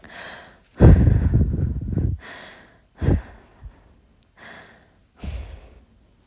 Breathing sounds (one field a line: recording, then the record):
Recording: deep breathing after running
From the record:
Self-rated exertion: moderate exertion (3 of 6)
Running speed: 6 miles an hour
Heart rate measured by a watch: 110 beats a minute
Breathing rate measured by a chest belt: 21 breaths a minute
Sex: female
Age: 18 years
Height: 167 cm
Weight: 50 kg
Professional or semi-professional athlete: no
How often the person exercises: 1 to 2 times a week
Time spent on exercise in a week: 1 to 2 hours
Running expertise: no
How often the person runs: 1 to 2 times a week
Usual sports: running, walking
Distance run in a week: 1 to 2 km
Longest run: 6 km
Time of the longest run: 34 minutes